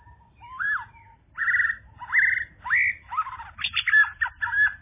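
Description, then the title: Bird song: varied chirps and slurred notes, some rising, some falling, building into a quick jumbled twitter. "kikicau"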